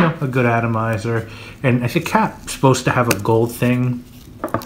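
Someone talks while handling the cap of a Penhaligon's Elixir perfume atomizer bottle, a cap meant to carry a decorative gold ring that can fall off. A short run of small, sharp contact sounds near 4.4, 4.5 and 4.7 seconds comes as the cap is brought toward the bottle, but the cap has not clicked into place yet.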